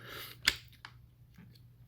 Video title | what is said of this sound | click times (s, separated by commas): Transformers Haslab Deathsaurus - ArcNeo Reviews | a tight connection so sometimes you get a satisfying little click like that one | 0.5 s